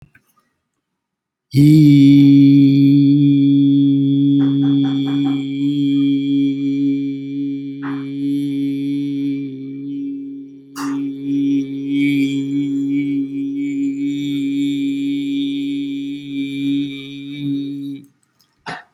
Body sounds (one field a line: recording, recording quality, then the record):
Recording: sustained vowel as in beet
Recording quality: excellent, no background noise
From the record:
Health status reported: healthy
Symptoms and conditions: hypertension, diabetes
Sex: male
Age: 62 years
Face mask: not worn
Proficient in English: yes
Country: India